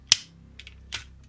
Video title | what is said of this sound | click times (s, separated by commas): We Need A New Sixshot, Badly. - #transformers Titans Return Sixshot\Quickswitch | One big click. | 0.1 s